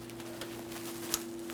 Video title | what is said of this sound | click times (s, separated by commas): How to Replace Camshaft Position Sensors 2011-2020 Toyota Sienna 3 5L V6 | press it in listen for a click we'll give it a little tug to make sure it's properly secured in place | 1.1 s